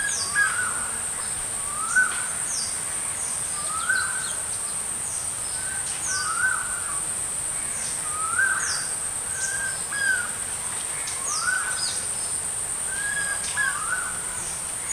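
Stork-billed kingfisher calls, a series of short rising then falling notes repeated roughly every two seconds, over a steady high insect drone.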